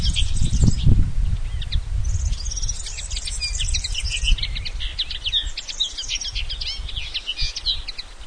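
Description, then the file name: Common linnet song, a lively twitter of quick chirps and brief trills, with steady low rumbling noise beneath. "Fanello"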